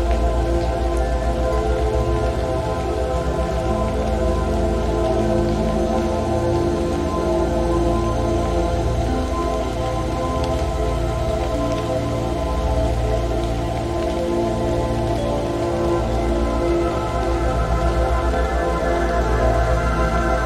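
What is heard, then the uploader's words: Rain patters in a rapid, dense, steady rhythm, heavy in the low end with little brightness on top. Sustained humming tones run underneath the whole time, shifting pitch slightly around seven and ten seconds while the overall loudness stays even. The rhythmic patter of rain.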